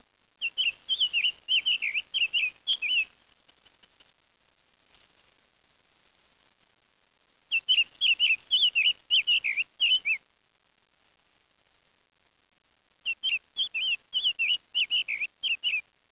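Bird calls in three bursts of rapid, repeated high chirps and whistles, each burst lasting about two to three seconds, separated by quiet pauses.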